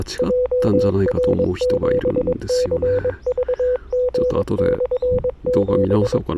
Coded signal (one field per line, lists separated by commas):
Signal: Morse code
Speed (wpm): 22 wpm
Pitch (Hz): 500 Hz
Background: speech, radio noise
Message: JR7CVG/7